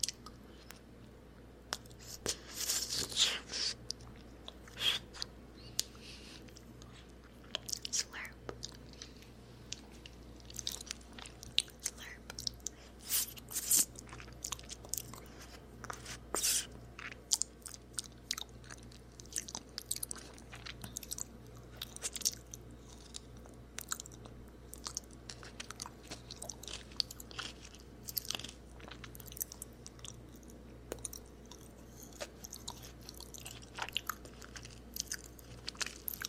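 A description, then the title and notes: Someone eats ice cream, with wet licking, smacking and nibbling sounds coming in quick, irregular bursts throughout. Sharper crunchy bites stand out now and then, especially early on. A steady low hum sits underneath. ASMR Ice Cream LickingNibbling (Salted Caramel Brownie).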